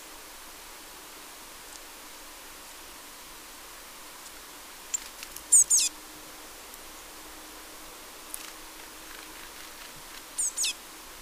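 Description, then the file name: Eurasian blue tit calls: two short bursts of sharp, high, thin notes several seconds apart, with faint rustling between them. "Cyanistes caeruleus"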